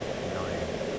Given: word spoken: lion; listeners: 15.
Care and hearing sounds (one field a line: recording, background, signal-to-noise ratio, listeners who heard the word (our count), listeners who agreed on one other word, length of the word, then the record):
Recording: one English word in noise, from a listening test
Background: speech-shaped noise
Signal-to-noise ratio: -4.7 dB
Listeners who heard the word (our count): 2 of 15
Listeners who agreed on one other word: 7 of 15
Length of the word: 0.59 s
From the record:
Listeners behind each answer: 7, 3, 2, 2, 1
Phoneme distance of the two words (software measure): 17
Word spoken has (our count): 2 syllables, 4 phonemes, stress on syllable 1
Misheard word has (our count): 1 syllable, 3 phonemes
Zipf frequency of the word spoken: 4.45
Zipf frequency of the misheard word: 5.07